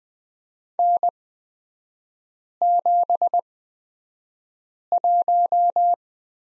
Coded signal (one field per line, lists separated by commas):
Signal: Morse code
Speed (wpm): 20 wpm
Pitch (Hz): 700 Hz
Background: none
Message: N71